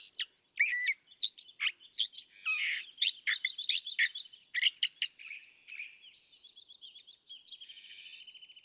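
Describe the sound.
California thrasher singing a long, varied medley of sharp notes, chatters and buzzy trills, trailing into softer rasping phrases.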